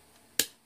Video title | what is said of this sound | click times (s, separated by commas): (OLD VIDEO) Installation of the Avon Voice Projection Unit | And then once you have it in line with the track, just simply rotate it until this upper tab here clicks | 0.4 s